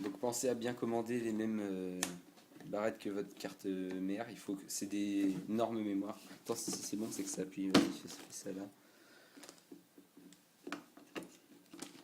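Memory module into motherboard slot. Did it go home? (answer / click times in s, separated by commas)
no / none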